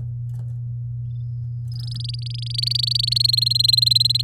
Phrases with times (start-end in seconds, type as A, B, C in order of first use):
1.72-3.18 A, 3.20-4.22 B